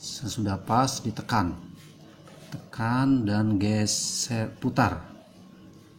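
A plastic propeller is set onto the motor shaft of a Fimi X8 SE drone, pressed down, and twisted clockwise to lock it, while someone talks throughout. A brief sudden sound occurs at about 2.5 s during the handling. The propeller has not seated or clicked into place yet.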